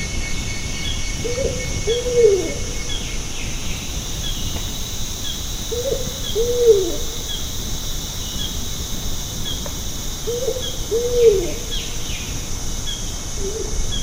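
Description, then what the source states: Bornean ground cuckoo giving low, hollow hooting phrases of a few notes with a stressed down-slurred note, repeated about every four to five seconds over a steady high insect hum. Danum Valley, Borneo.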